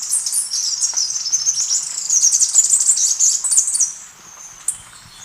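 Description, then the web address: Three-striped Warbler song: a shrill, rapid tumble of high chips running about four seconds, loud and continuous, fading out near the end. Ecuador. "Natures Songs S America Birds of Ecuador Three-striped Warbler"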